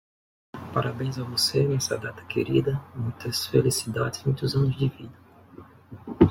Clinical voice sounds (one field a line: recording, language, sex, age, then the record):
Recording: short text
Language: Brazilian Portuguese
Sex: male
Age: 40 to 49 years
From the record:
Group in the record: control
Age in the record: 46 years